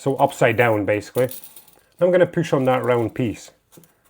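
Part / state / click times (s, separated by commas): round wooden part pressed onto a wooden mechanical puzzle assembly / not seated / none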